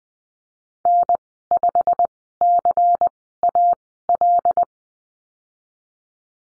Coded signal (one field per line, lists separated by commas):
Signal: Morse code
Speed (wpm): 20 wpm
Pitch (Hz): 700 Hz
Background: none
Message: N5CAL